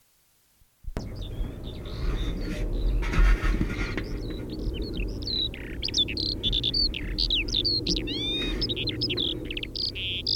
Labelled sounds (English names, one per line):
Eurasian Skylark song